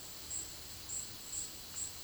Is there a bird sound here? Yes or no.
no